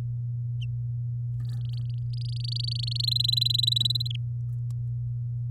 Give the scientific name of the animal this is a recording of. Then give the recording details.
Serinus canaria. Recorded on 11 May 2018 at 05:48. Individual llb16